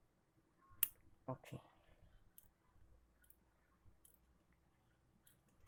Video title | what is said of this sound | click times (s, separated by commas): TUGAS 1 JARINGAN KOMPUTER | kita jepit dengan kuat sampai bunyi klik. | 0.8 s